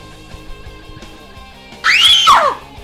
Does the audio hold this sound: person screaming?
yes